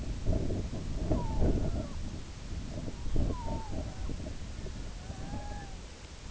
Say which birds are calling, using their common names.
Red-throated Loon